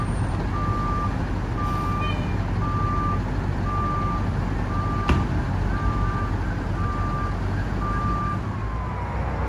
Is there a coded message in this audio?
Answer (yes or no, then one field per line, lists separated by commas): no